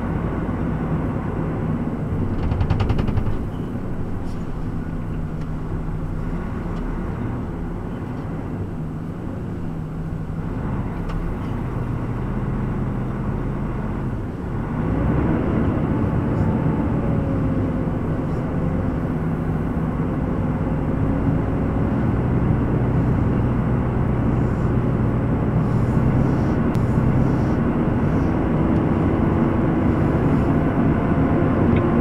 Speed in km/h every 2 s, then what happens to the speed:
7, 5, 4, 6, 5, 5, 7, 5, 5, 6, 7, 6, 7, 7, 7, 7.
0-32 steady at about 6.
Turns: none.